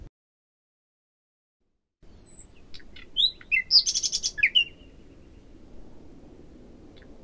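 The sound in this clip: Common nightingale singing after about two seconds of silence: thin whistles and swooping notes around a short harsh rattling burst, then quiet.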